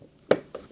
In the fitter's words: straight in no need for screws clicks into place